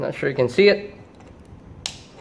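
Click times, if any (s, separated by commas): 1.9 s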